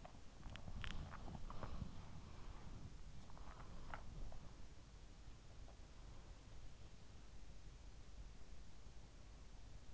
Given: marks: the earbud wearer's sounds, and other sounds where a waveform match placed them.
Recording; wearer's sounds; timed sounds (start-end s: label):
sounds in sleep by an in-ear microphone; body movement
0.00-5.18 s: body movement